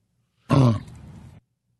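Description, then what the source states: Orangutan vocalization: one short, low, voiced grunt-like utterance, loud at the onset and then trailing off into a softer breathy rasp, under a second long. Rocky, an eight-year-old male orangutan that copies words and sounds and reproduces them in conversation; this utterance taken as "bye".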